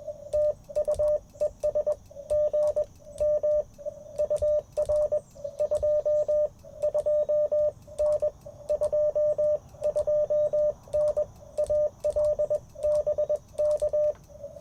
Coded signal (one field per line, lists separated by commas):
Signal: Morse code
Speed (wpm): 20 wpm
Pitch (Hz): 600 Hz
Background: radio noise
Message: TU ES GM UR 22N 22N AL BK